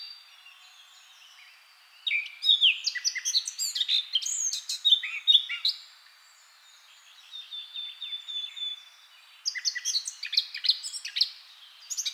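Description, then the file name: Eurasian blackcap song: fast, rich warbled phrases of varied chirps and whistles, one burst of about four seconds, a pause, then another warbled burst near the end. "Sylvia atricapilla"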